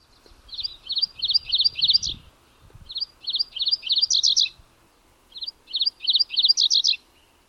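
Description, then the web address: Magnolia warbler song: three short, sweet phrases of quick buzzy double notes rising at the end, separated by pauses of under a second, with faint low rumbling. "Thumbs Plus Zoo Field Guide Repository"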